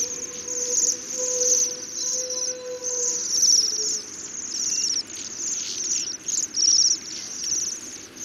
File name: Jaseur boreal